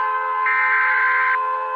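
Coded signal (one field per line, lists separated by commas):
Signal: Emergency Alert System (SAME) tones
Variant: header bursts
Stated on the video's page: Alert tones used in an animation, not a real broadcast.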